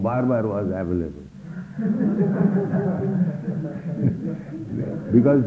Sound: laughter

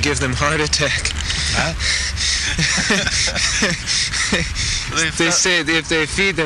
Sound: laughs

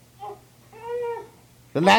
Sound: baby fussing

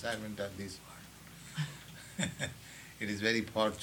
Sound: chuckles

